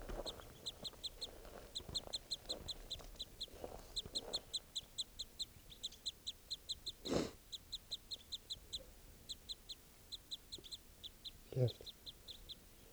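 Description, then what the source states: Crossbill calls, steady runs of sharp high chips repeated throughout, with a couple of louder thumps. Female recorded by a net; two birds by the net calling loudly, other crossbills around.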